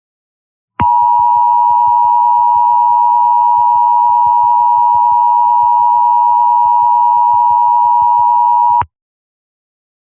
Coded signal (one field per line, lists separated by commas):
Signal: Emergency Alert System (SAME) tones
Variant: 853 and 960 Hz attention tone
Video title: (EAS MOCK) Wrong button...?